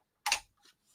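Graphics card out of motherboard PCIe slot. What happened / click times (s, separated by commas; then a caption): The card came free of its slot latch / 0.3 s. A graphics card is pulled from the front out of a motherboard PCIe slot, releasing the slim quick-release latch with a sharp click at 0.3 s. A fainter tick follows near 0.7 s, and the card comes free of the slot.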